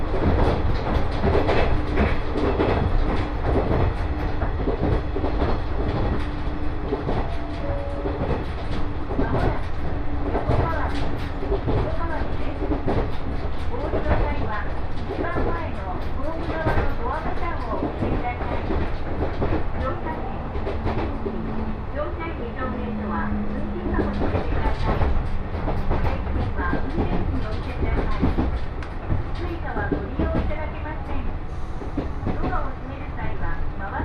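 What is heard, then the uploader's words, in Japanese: A train ride on the Tohoku and Kitakami lines, heard from aboard: a dense, steady rumble with constant clatter and rattling throughout. Brief tonal whines or hums rise at intervals, notably around 5–12 seconds and 20–27 seconds, and faint voices mix in. 耳で楽しむ鉄道旅 東北本線・北上線 花巻→北上→和賀仙人。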